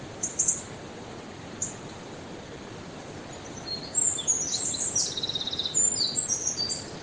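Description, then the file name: Eurasian wren song, high and rapid, with two short bursts early, then a long jumble of shrill trilled phrases in the second half, against constant background hiss. "Troglodytes troglodytes"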